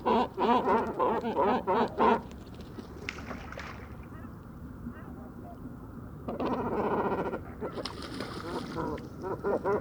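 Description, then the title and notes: Great cormorant croaking calls, rapid rough pulsed grunts in a busy burst, a lull, then another loud squabbling bout, with a steady low background noise. Great cormorant roost on fishermen's stakes at dusk beside the Vaccarès lagoon, Camargue, France, 4 January 2020; not enough room for all, incessant squabbles until nightfall; distant car murmur; MKH40 microphone. "Dortoir de Grands cormorans. Bord du Vaccarès - Camargue"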